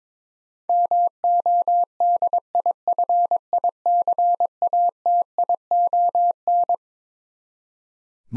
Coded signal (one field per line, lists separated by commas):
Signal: Morse code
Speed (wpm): 21 wpm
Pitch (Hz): 700 Hz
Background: none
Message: MODIFICATION